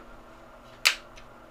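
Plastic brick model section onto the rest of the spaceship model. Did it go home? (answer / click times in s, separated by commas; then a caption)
yes / 0.9 s. A section of a plastic brick spaceship model is pushed onto the rest of the model and snaps home with one sharp, loud click at 0.9 s. The piece seats, popping into place at a slight angle.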